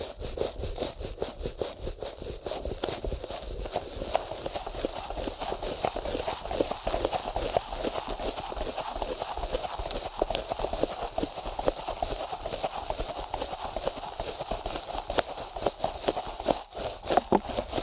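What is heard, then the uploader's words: Ear cleaning done at very fast speed: a dense, unbroken flurry of quick scratchy taps and rubs, with a rustling mid-range texture and brighter hiss above. The rapid pattern holds steady for the whole stretch, with a brief drop around sixteen seconds. ASMR Ear Cleaning at Helicopter Speed.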